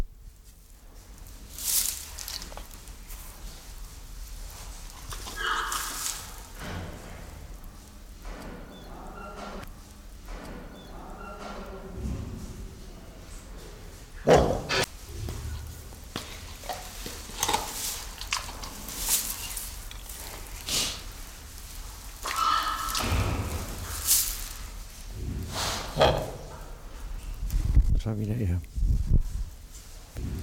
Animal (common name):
White-lipped Peccary